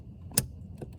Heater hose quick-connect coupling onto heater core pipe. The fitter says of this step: go ahead and while it's locked, push it on there. You should hear it click.